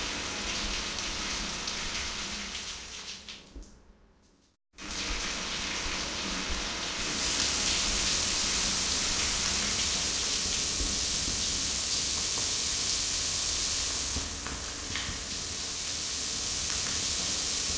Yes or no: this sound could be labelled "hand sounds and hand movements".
no